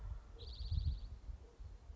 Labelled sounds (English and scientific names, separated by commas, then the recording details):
Spotted Towhee (Pipilo maculatus)
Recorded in Sonoma County, California